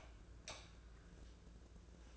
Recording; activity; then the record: daily activity, microphone in the room; light off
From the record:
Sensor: 2